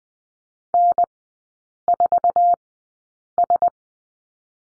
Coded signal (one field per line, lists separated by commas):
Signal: Morse code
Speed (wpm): 20 wpm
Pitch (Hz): 700 Hz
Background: none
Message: N4S